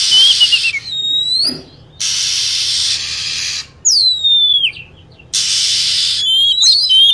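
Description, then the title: Lovebird shrill chirps and high whistled notes dropping in pitch, broken up by long stretches of flat hissing noise. Lure recording used to attract birds. "PIKAT BURUNG LOVEBIRD"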